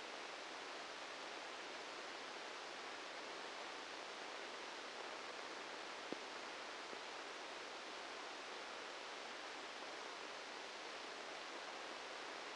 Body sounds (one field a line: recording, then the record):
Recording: brain microelectrode recording played as sound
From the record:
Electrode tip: outside the subthalamic nucleus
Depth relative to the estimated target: -10 mm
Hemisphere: right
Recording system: NeuroSet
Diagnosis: Parkinson's disease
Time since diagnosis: 13 years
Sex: male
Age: 63 years